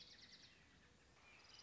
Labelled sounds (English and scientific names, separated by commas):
Dark-eyed Junco (Junco hyemalis)